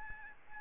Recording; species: mosquito wingbeat signal from an infrared sensor; Aedes albopictus